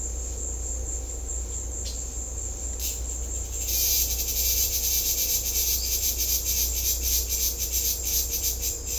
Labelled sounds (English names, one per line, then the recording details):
none
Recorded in secondary vegetation near Puerto Asís, Putumayo, Colombia, on 16 December 2024 at 15:00
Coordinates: 0.500, -76.326
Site G065